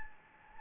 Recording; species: mosquito wingbeat signal from an infrared sensor; Anopheles gambiae